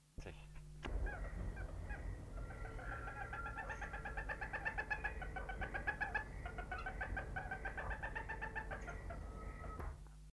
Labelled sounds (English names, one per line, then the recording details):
Wattled Lapwing call
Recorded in captivity
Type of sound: call
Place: Artis Zoo, NL
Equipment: Halbspur, 9,5 cm/s
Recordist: Lütgens, Hans
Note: Rufe